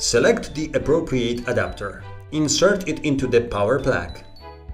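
A mains plug adapter is handled at the power supply unit plug while someone talks over background music. Nothing has seated or clicked yet.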